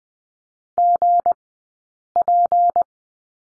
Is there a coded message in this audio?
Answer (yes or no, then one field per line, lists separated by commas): yes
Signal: Morse code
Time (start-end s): 0.8-2.8 s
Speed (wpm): 20 wpm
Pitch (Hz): 700 Hz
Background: none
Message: GP